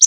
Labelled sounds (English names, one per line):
Connecticut Warbler flight call